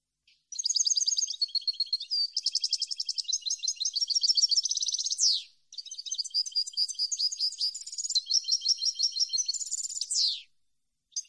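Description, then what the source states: European goldfinch song, long and almost continuous: two extended phrases of rapid, high liquid twitters and trills, each closing with a sweeping downward buzz. Clean goldfinch song meant for birds to copy, for song training.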